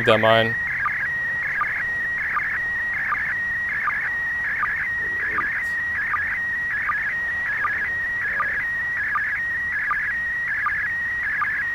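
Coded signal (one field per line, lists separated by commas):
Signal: SSTV (slow-scan television)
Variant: PD 180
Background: speech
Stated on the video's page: SSTV images received from the ISS during the April 2016 ISS SSTV event.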